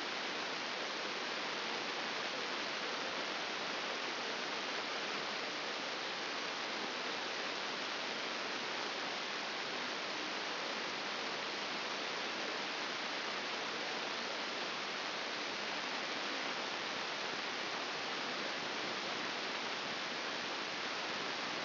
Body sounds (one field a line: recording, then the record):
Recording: brain microelectrode recording played as sound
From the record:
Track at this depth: outside the subthalamic nucleus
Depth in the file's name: 9.304 mm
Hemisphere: left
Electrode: 2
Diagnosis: Parkinson's disease